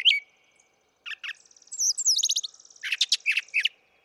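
Brown thrasher giving a short flurry of varied phrases: a slurred whistle, paired chirps, a fast buzzy trill and a few emphatic high notes.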